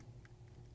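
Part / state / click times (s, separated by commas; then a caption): switch into a commercial washer coin slide extension bracket / seated / 0.2 s. A switch is slid into the coin slide extension bracket of a Speed Queen commercial washer and pushed down until a small plastic tab snaps it into place. A short, bright click is heard at 0.3 s over a steady low hum, and the switch is seated.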